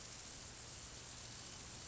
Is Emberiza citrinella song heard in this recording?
no